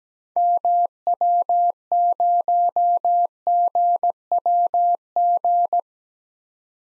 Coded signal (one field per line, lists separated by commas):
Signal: Morse code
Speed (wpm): 17 wpm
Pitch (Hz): 700 Hz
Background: none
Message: MW0GWG